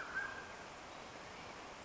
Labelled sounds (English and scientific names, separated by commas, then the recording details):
Mountain Quail (Oreortyx pictus)
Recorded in Sonoma County, California